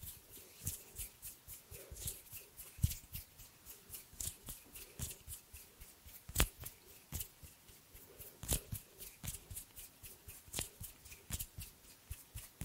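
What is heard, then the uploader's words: Hand sounds: quick, irregular rubbing and tapping with frequent crisp clicks and a few sharper slaps near six and eight seconds. ASMR Hand sounds No talking.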